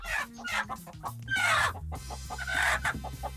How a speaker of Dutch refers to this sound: Ja, u hoort de kip en denkt, is dit Corina Borst? Het antwoord daarop is, nee.